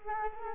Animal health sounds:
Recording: mosquito wingbeat signal from an infrared sensor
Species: Culex quinquefasciatus

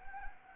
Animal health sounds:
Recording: mosquito wingbeat signal from an infrared sensor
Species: Anopheles arabiensis

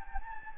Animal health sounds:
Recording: mosquito wingbeat signal from an infrared sensor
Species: Anopheles gambiae

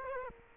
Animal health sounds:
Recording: mosquito wingbeat signal from an infrared sensor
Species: Culex quinquefasciatus

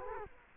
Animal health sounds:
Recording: mosquito wingbeat signal from an infrared sensor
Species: Culex quinquefasciatus

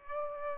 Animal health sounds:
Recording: mosquito wingbeat signal from an infrared sensor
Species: Aedes aegypti

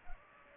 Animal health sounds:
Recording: mosquito wingbeat signal from an infrared sensor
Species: Culex pipiens

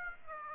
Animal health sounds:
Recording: mosquito wingbeat signal from an infrared sensor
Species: Aedes aegypti

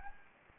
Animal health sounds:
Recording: mosquito wingbeat signal from an infrared sensor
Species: Anopheles gambiae

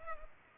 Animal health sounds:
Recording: mosquito wingbeat signal from an infrared sensor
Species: Culex pipiens

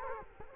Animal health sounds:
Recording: mosquito wingbeat signal from an infrared sensor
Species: Culex quinquefasciatus

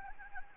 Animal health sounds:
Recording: mosquito wingbeat signal from an infrared sensor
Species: Anopheles gambiae

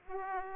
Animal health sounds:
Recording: mosquito wingbeat signal from an infrared sensor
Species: Aedes aegypti

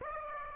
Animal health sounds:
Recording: mosquito wingbeat signal from an infrared sensor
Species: Aedes aegypti

